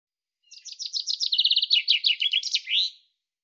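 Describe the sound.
Common chaffinch song phrase, a quick series of sharp notes sliding into a steady trill, then descending chirps and a final downward flourish, lasting about two and a half seconds.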